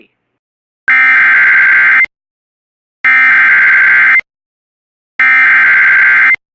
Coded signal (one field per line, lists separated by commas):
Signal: Emergency Alert System (SAME) tones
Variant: header bursts